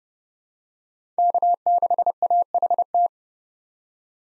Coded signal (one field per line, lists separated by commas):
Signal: Morse code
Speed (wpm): 30 wpm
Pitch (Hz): 700 Hz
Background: none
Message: K6AHT